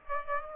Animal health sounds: mosquito wingbeat signal from an infrared sensor; Aedes aegypti

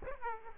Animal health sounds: mosquito wingbeat signal from an infrared sensor; Aedes aegypti

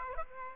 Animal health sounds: mosquito wingbeat signal from an infrared sensor; Aedes aegypti

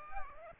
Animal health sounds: mosquito wingbeat signal from an infrared sensor; Aedes albopictus

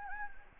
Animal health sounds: mosquito wingbeat signal from an infrared sensor; Anopheles gambiae

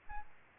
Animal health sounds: mosquito wingbeat signal from an infrared sensor; Aedes albopictus

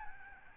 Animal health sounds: mosquito wingbeat signal from an infrared sensor; Aedes albopictus

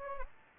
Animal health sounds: mosquito wingbeat signal from an infrared sensor; Anopheles gambiae

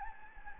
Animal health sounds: mosquito wingbeat signal from an infrared sensor; Anopheles gambiae

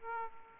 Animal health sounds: mosquito wingbeat signal from an infrared sensor; Aedes aegypti

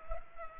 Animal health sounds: mosquito wingbeat signal from an infrared sensor; Culex pipiens

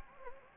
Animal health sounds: mosquito wingbeat signal from an infrared sensor; Anopheles gambiae

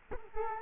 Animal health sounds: mosquito wingbeat signal from an infrared sensor; Culex quinquefasciatus

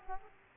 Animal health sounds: mosquito wingbeat signal from an infrared sensor; Aedes aegypti

